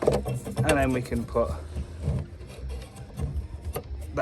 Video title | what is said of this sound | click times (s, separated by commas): Changing Bulbs on Audi TT - Headlights, side lights, tail lights | back on and that's locked into place so that's how you change your main xenon ball | 3.8 s